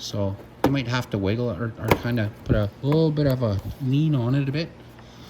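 Someone talks while handling the start switch housing half for a Venom X22 125cc motorcycle, working its tab in first against the handlebar before pressing the housing on. Nothing has seated or clicked yet in this clip.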